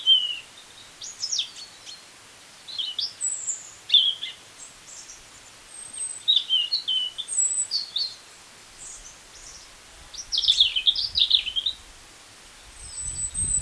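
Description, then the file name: European robin song: phrases of high, thin, wavering notes and short trills with brief pauses, and a low rumble at the very end. "Erithacus rubecula"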